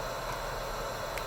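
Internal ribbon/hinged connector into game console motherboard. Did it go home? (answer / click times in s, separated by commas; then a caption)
yes / 1.2 s. A hinged internal connector on a PS5 Slim console motherboard is pushed back into its groove during an HDMI port replacement. Against a steady hiss, a single short, sharp click sounds at 1.2 s as the connector seats into place.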